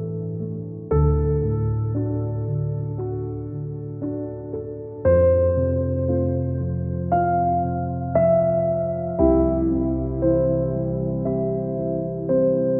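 Calm piano plays slow, sustained low chords that change about every four seconds, with single soft melody notes entering roughly each second above.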